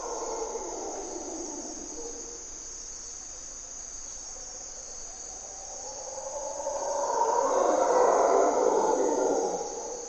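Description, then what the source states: Mantled howler monkey roaring, a deep rough sound that fades early and then swells loudly over the last four seconds, with a steady high insect drone throughout. Grunts and calls at morning twilight, waking the jungle, in primary hardwood forest by a deep river valley, Corcovado National Park, Osa Peninsula, Costa Rica; local name Monos Congos.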